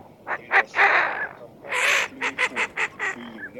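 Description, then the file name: Eurasian wigeon calls: a few harsh, broad bursts, then a quick run of short, clipped notes, with no other clear sounds. Recording made for an electronic decoy caller. "Свиязь Fischione"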